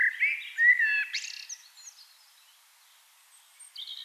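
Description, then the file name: Eurasian blackbird song: a rich, fluted warble ending in a brief high twitter, then a quiet stretch and a faint squeaky note at the end. "Turdus merula"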